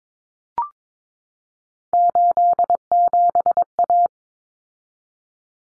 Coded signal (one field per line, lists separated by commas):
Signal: Morse code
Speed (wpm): 22 wpm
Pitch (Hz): 700 Hz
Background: none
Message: 87A